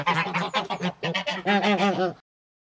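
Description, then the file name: Goose: geese honking, a rapid chorus of nasal, overlapping honks and cackles from several birds, ending abruptly after two seconds. Indoors. "Digiffects Sound Effects Library - Geese Indoors"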